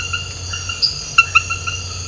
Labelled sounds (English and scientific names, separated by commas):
none